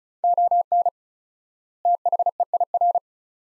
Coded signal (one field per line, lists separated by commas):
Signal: Morse code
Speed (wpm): 36 wpm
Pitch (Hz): 700 Hz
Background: none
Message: ON THEIR